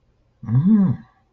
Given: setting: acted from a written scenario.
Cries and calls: vocal sound without words; positive surprise

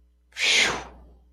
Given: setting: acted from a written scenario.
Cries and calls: vocal sound without words; relief

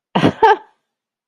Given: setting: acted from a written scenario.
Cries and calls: vocal sound without words; amusement

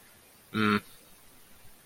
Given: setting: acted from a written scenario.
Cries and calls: vocal sound without words; contempt

